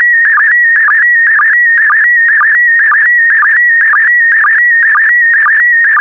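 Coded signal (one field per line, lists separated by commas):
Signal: SSTV (slow-scan television)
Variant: PD120 mode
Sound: warbling tone shifting in pitch with a regular chirping sync blip about twice per second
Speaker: Five, four, three, two, one. Transmission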